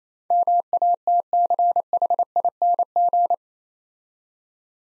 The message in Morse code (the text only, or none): MATCHING